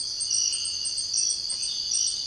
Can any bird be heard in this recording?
no